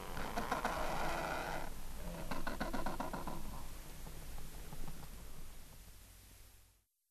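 Adelie penguin call: a loud harsh, rasping burst followed by a run of rhythmic pulsed notes that fade gradually into low background rumble before the sound cuts out.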